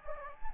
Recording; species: mosquito wingbeat signal from an infrared sensor; Anopheles gambiae